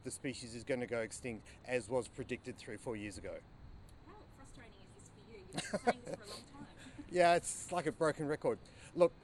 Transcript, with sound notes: The species is going to go extinct, as was predicted three, four years ago.
How frustrating is this for you? You’ve been saying this for a long time?
(laughter) Yeah, it’s like a broken record. Look.